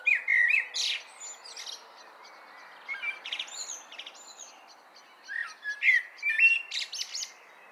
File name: Turdus merula